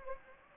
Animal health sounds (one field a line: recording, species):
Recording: mosquito wingbeat signal from an infrared sensor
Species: Anopheles gambiae